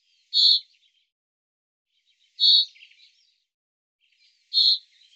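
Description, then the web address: Bird uttering three loud, scratchy high calls about two seconds apart, trailed by faint chattering notes. "Deverinetal 2025 File cleaned normalized Bird Fr Co"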